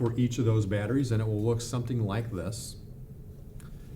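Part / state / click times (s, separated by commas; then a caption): camera battery into its charger / seated / 3.6 s. A camera battery pack is pushed into the groove of its charger while someone talks over a quiet background. The battery clicks and seats into place with a short, faint click at 3.6 seconds.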